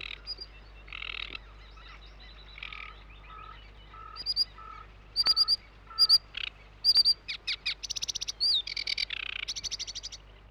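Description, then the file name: Sedge Warbler song, sparse scratchy notes and sharp whistles building into rapid rattling trills and harsh buzzy bursts near the end. "De Vogels - Rietzanger"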